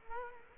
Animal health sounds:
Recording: mosquito wingbeat signal from an infrared sensor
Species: Culex quinquefasciatus

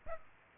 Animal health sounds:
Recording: mosquito wingbeat signal from an infrared sensor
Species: Aedes aegypti

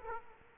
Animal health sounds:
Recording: mosquito wingbeat signal from an infrared sensor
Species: Aedes aegypti

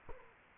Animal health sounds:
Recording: mosquito wingbeat signal from an infrared sensor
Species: Culex quinquefasciatus

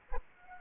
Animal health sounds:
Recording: mosquito wingbeat signal from an infrared sensor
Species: Anopheles arabiensis

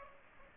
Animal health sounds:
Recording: mosquito wingbeat signal from an infrared sensor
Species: Culex pipiens

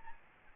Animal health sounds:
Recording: mosquito wingbeat signal from an infrared sensor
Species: Aedes albopictus

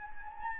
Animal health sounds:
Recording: mosquito wingbeat signal from an infrared sensor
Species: Anopheles gambiae

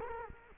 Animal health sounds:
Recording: mosquito wingbeat signal from an infrared sensor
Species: Culex quinquefasciatus

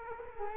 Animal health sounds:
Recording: mosquito wingbeat signal from an infrared sensor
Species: Culex quinquefasciatus

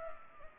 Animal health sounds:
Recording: mosquito wingbeat signal from an infrared sensor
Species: Culex pipiens

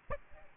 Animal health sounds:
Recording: mosquito wingbeat signal from an infrared sensor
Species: Aedes albopictus

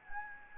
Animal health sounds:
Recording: mosquito wingbeat signal from an infrared sensor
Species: Anopheles gambiae

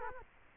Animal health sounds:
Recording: mosquito wingbeat signal from an infrared sensor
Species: Culex quinquefasciatus

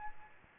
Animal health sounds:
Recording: mosquito wingbeat signal from an infrared sensor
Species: Aedes albopictus

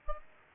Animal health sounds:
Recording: mosquito wingbeat signal from an infrared sensor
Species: Aedes aegypti

